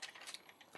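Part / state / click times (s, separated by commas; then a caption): figure arm into combined robot torso / seated / 0.3 s, 0.5 s, 0.6 s, 0.7 s. The arm of a GCreation Shuraking plastic combining robot figure is lined up and slid into the torso, producing a ratchet-like series of clicks at 0.4, 0.5, 0.6 and 0.8 seconds. The arm seats and locks into place.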